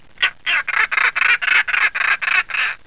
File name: Coracias garrulus